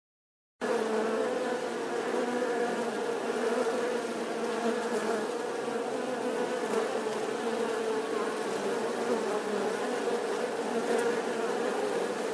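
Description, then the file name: Wasp swarm buzzing: after a brief moment of silence, a thick continuous drone of many wings starts and holds steady to the end. A swarm of wasps buzzing outside their nest. "Tieng bay ong vo ve ngoai to"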